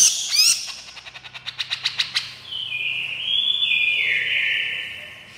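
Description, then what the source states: Grey-cheeked bulbul harsh calls: a sharp descending note, then a rapid series of chattering pulses, followed by a long buzzy, wavering note lasting about three seconds. Female bird, described as gacor, meaning persistently vocal.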